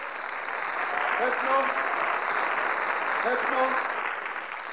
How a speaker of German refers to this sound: Die Stimmen waren noch nicht ganz zu Ende gezählt, als auf der rechten Seite des Hohen Hauses bereits Jubel ausbrach für die CDU-Kandidatin Sabine Bergmann-Pohl.